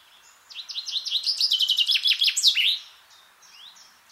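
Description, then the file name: Common chaffinch song, one cascading trill of quick chipping notes closing with a flourish, followed by a few faint sliding notes. "Fringilla coelebs"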